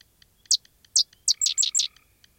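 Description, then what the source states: Sedge wren singing a short dry chatter of sharp high notes building into a rapid burst, over steady faint clicking and a low trill. Dry, chattering night song; the species prefers grassy or sedgy marshes of the upper Midwest and Canada; gray tree frog trills and yellow rail clicking alongside.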